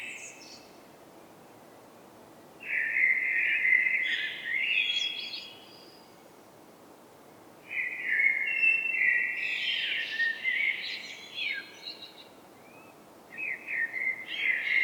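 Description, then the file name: Eurasian blackbird song: two fluted, warbling phrases separated by a pause of a few seconds, each ending in thin, high twittering notes, and a third phrase starting at the end. "Turdus merula"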